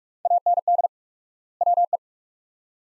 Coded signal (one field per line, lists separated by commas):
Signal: Morse code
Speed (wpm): 42 wpm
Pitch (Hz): 700 Hz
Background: none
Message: AND WE